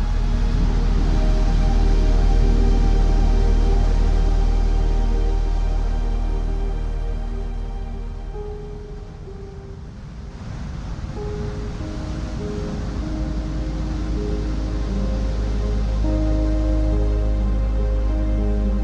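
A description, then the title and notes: Soft piano music plays over the steady wash of ocean waves. Sustained piano notes and chords hold across the whole clip above a deep, constant low rumble. Around ten seconds the sound thins and dips briefly before swelling back to its earlier fullness. Calm Piano Music and Ocean Waves. Peaceful Piano Gentle Ocean.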